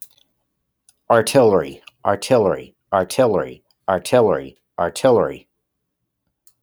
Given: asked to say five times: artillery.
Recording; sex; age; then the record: repeated word; male; 30 to 39 years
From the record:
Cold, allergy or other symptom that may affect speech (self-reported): no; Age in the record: 34 years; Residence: New Jersey, United States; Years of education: 12